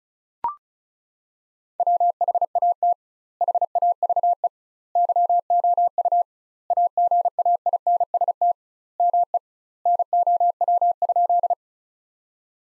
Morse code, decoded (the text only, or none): WHAT HAVE YOU AGAINST ME NOW?